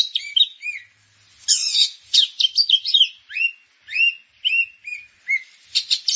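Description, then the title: Grey-cheeked bulbul song: a lively run of chirps, slurred whistles and scratchy bursts, several rising and falling notes with brief pauses between phrases. "Kicau Burung Cucak Jenggot"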